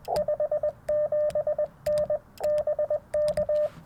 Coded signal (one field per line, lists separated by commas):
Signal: Morse code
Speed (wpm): 20 wpm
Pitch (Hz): 600 Hz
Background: radio noise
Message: 57N BK